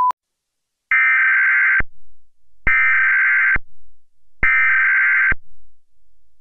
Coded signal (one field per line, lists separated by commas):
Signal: Emergency Alert System (SAME) tones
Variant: header bursts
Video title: EAS scenario - Jupiter Collision